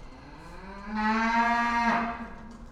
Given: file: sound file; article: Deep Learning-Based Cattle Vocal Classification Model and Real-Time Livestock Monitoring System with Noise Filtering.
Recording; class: cattle; food anticipating call